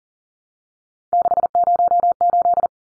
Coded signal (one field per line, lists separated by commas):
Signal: Morse code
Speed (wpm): 39 wpm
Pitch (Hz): 700 Hz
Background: none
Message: 608